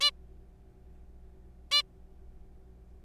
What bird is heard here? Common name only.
Zebra Finch